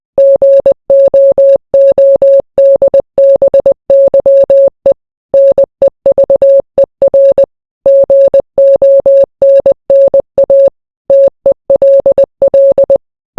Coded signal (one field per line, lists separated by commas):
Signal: Morse code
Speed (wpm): 20 wpm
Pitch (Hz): 550 Hz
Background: none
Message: GOODBYE NEVER GONNA TELL